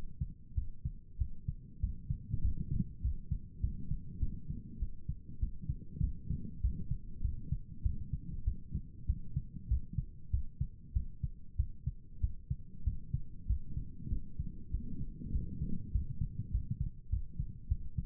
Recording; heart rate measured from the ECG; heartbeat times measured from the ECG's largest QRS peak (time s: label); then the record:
heart sounds by stethoscope; 98 bpm
0.54 s: heartbeat
1.17 s: heartbeat
1.80 s: heartbeat
2.41 s: heartbeat
3.01 s: heartbeat
3.60 s: heartbeat
4.19 s: heartbeat
4.78 s: heartbeat
5.39 s: heartbeat
6.00 s: heartbeat
6.60 s: heartbeat
7.21 s: heartbeat
7.82 s: heartbeat
8.44 s: heartbeat
9.06 s: heartbeat
9.67 s: heartbeat
10.30 s: heartbeat
10.92 s: heartbeat
11.56 s: heartbeat
12.20 s: heartbeat
12.83 s: heartbeat
13.46 s: heartbeat
14.08 s: heartbeat
14.70 s: heartbeat
15.31 s: heartbeat
15.91 s: heartbeat
16.50 s: heartbeat
17.09 s: heartbeat
17.67 s: heartbeat
From the record:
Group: healthy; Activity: rest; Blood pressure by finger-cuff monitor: 103/65 mmHg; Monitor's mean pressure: 76 mmHg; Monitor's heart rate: 97 bpm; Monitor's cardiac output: 8.1 L/min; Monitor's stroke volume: 84 mL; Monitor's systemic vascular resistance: 680 dyn s/cm5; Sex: male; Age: 19 years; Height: 178 cm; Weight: 83 kg